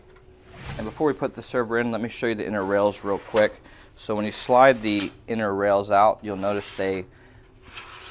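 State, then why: Not seated. Metal inner slide rails for a Dell PowerEdge R750xs server are being handled while someone talks; they are meant to slide out into an extended position and lock so they cannot be pushed back. There is a short sharp sound near 7.8 s, but nothing has locked or clicked into place yet when the clip ends.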